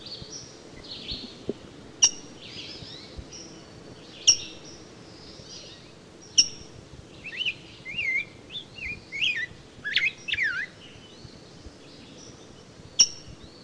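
Rose-breasted grosbeak song: a few sharp squeaky notes, then a burst of rich, warbled, rising and falling phrases, and one more sharp note at the end.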